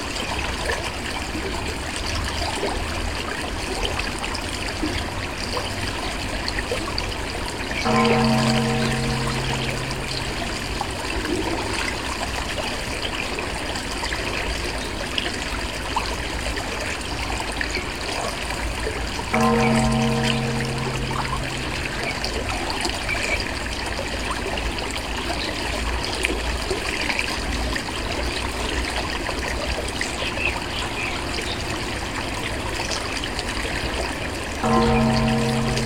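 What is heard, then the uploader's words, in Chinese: A mountain stream trickles and splashes steadily throughout, a dense, even rush of water. A deep temple bell strikes three times, around 8, 19 and 35 seconds, each stroke ringing low and humming for a few seconds before fading under the water. 山涧小溪流水声伴随古寺钟声。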